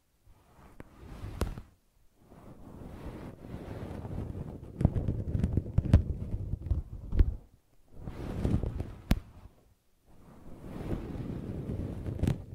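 Brushing and scratching in rough, dense bursts of rushing texture, with short silent gaps, sharp clicks, and louder strokes around six to seven seconds.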